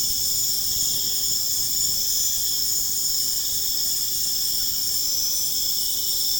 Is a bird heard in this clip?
no